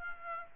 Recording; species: mosquito wingbeat signal from an infrared sensor; Aedes aegypti